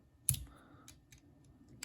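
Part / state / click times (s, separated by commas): driver bit into screwdriver handle / seated / 0.3 s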